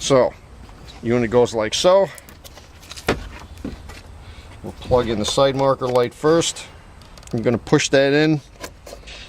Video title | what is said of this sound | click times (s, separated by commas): Tail Lamp Assembly Replacement On A Range Rover Full-Size | You should hear a click. | 8.6 s